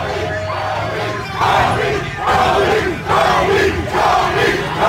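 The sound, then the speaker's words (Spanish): A large crowd celebrating a championship chants in unison what sounds like "doggy, doggy", loud repeated bursts of voices swelling roughly once per second in a steady two-syllable rhythm over a constant roar of background noise. “pueden escuchar que dicen doggy, doggy.”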